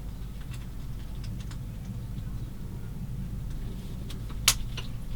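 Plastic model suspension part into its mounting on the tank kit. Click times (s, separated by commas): 4.5 s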